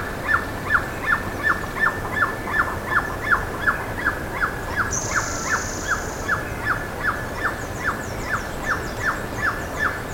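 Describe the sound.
Bird calls: short downslurred notes repeated steadily, almost three a second, with thin high chirps above and a brief steady high buzz midway.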